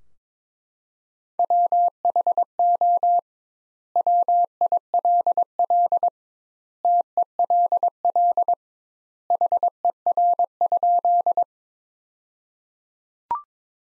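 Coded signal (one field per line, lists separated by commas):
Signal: Morse code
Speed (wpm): 22 wpm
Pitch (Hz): 700 Hz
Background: none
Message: WHO WILL TELL HER?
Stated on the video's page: Practice sentences from the top 200 words, sent at 22 wpm with twice the standard word spacing.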